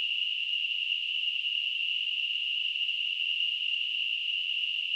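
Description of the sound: A simulated tinnitus sound: a steady, unbroken high-pitched hiss concentrated in a narrow band around 3 kHz, with fainter noise spreading up toward 10 kHz and nothing in the low frequencies.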